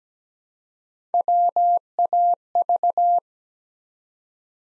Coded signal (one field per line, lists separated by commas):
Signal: Morse code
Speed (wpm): 17 wpm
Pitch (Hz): 700 Hz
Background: none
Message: WAV